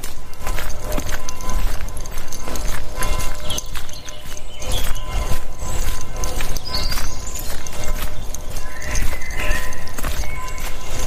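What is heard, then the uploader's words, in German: A walk in the forest with a dog: steady, regular footsteps crunch along throughout, several per second, over a low rumble. Birds chirp now and then above them, with brighter calls around the middle and again near the end. Morgens mit dem Hund raus. Ein Spaziergang im Wald mit Hund, begleitet von vielen Vögeln.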